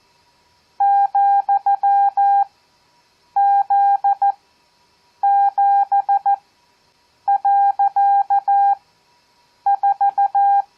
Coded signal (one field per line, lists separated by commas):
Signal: Morse code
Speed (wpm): 14 wpm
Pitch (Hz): 800 Hz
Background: none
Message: ,Z7.4